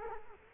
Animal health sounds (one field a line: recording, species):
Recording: mosquito wingbeat signal from an infrared sensor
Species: Culex quinquefasciatus